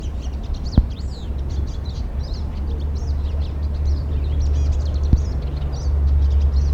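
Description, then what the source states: Pied siskin giving a long, unbroken run of high, scratchy twitters and buzzes, with two low thuds and steady low-frequency noise behind. Sung in flight and from a perch in a small tree beside a road at the ABS.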